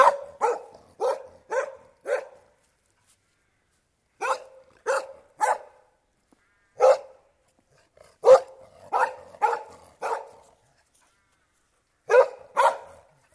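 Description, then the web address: Collie barking in several bursts of short, sharp barks separated by brief silences. Collie dog barking outdoors. "Sound Effects-BBC Dogs Barking BBC"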